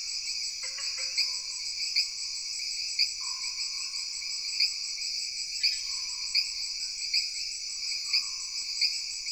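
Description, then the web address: Insects shrill continuously in layered high bands, with regular accented pulses and softer lower tones. Jungle background ambience. "Sony Pictures Sound Effects Series Backgrounds Jungle Insects With Frogs"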